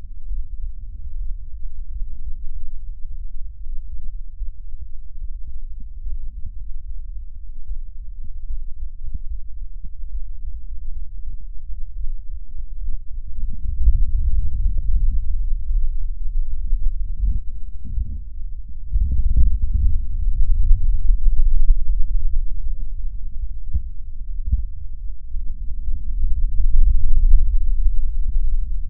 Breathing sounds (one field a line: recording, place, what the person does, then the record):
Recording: lung sounds by stethoscope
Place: left anterior apical chest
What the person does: quiet breathing, then deep breathing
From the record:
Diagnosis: pulmonary infection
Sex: male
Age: 86 years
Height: 165 cm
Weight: 65 kg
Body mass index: 23.9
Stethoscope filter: bell mode